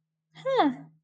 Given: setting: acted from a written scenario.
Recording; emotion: vocal sound without words; interest